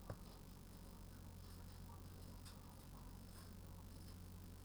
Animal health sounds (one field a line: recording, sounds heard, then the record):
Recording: poultry house recording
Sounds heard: healthy chickens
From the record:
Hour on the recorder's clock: 18